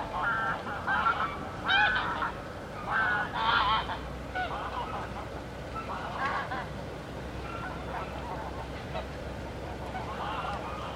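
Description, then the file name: Goose: scattered nasal honks, a few loud calls in the first four seconds, then fainter, sparser calling. Recorded at the Łężczok nature reserve. "rezerwat lezczok gesi i labedzie i spadajace zoledzie"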